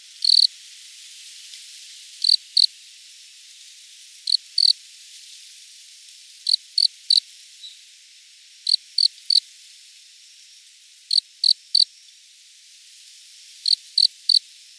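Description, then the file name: Cricket song with regular groups of two or three sharp, high chirp pulses, repeating about every two to two and a half seconds throughout. "Loxoblemmus sylvestris"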